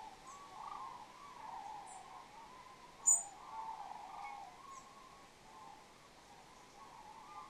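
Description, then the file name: European robin with one loud, sharp tick midway and a few fainter high chips, set against a continuous humming drone. "Erithacus rubecula"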